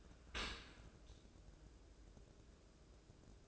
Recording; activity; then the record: daily activity, microphone in the room; open dishwasher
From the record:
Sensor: 2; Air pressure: 1012.2 hPa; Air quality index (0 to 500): 148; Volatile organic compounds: 2 ppm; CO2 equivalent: 1081 ppm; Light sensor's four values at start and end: 299/735/298/302 and 299/733/297/302